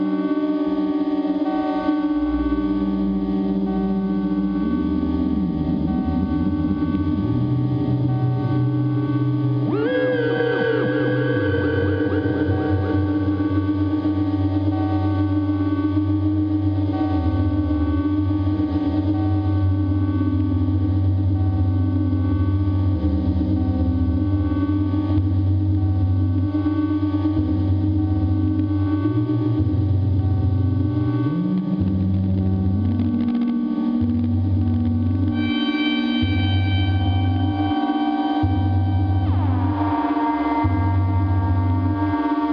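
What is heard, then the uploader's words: An analog noise scape of sustained, layered tones with a heavy low drone, processed with echo and distortion. Sliding pitch sweeps rise around ten seconds and again near thirty-five and forty, while the bass steps and pulses in a choppy rhythm from about thirty seconds on. Analog noise scape.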